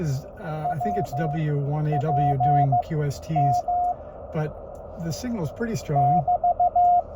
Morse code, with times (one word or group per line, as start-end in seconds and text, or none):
0.6-3.9 WPM
6.0-7.0 <BT>